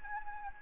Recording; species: mosquito wingbeat signal from an infrared sensor; Anopheles gambiae